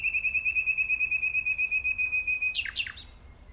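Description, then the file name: Common nightingale song: a long series of many pure, evenly pulsed whistled notes, then a brief burst of harsh chattering notes. "Luscinia megarhynchos"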